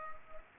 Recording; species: mosquito wingbeat signal from an infrared sensor; Culex pipiens